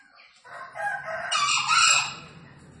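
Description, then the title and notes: Green junglefowl giving a rasping crow that swells to a peak and then fades, over a faint low background rumble. Wild green junglefowl released free, calling vigorously from up in a tree; presented as a junglefowl lure call. "Panggilan Ayam Hutan Liar. Keren Sekali Ayam Hutan Hijau Dilepas Bebas n Bunyi Gacor Diatas Pohon. Pemikat Ayam Hutan"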